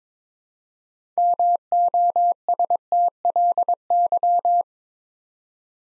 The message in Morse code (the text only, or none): MOSTLY